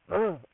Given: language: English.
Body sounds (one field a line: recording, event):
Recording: throat vibration sensor signal played as sound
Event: throat clearing